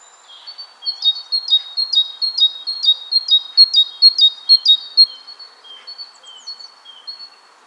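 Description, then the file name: Great tit calls: bright high notes alternating with lower slurred notes in a quick repeated two-part pattern, fading toward the end. "Parus major"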